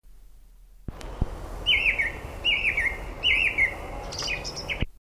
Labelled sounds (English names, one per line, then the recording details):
Song Thrush song
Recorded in the wild
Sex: male
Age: adult
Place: Erlangen, Bayern, DE
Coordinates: 49.5556, 11.0269
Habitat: forest
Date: 1962-03-28
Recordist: Tretzel, Erwin
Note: Brucker Lache - West, Fasaneneck (Tennenlohe): Männchen: Gesang (isolierte Motive): "Telo" (Tennenlohe) - Motive